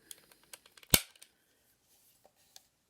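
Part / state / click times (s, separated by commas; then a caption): action figure fist in its punching arm mechanism / seated / 0.9 s. A plastic Popeye the Sailor Man action figure's fist is worked in its punching arm mechanism and set back into position, with a series of small plastic ticks and taps. A sharp, loud click at 0.9 s marks the fist seating in the right position, followed by a few faint ticks.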